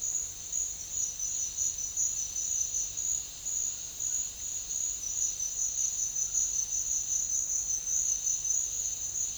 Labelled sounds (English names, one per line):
none